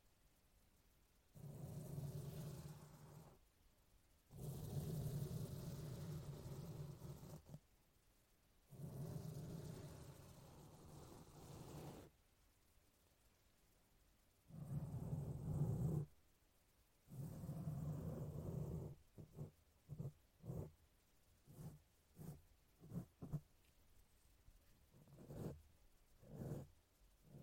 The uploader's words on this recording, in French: ASMR - 30 minutes de brushing. Brushing sur le micro (avec et sans bonnette).